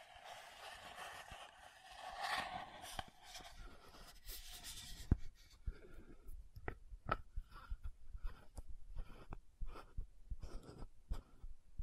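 Scratching and rubbing on a lid fill the first five seconds with a dense, hissy scraping and a few knocks. After a sharp click near five seconds, bottle tapping takes over: irregular light taps and ticks, a few ringing, spaced through to the end.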